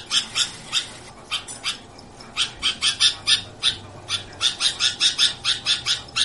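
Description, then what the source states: Sooty-headed bulbul giving scattered sharp chirps that build into a fast, steady series of bright notes toward the end. Described as gacor, a term for a bird that sings constantly.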